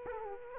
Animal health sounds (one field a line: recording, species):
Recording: mosquito wingbeat signal from an infrared sensor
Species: Aedes aegypti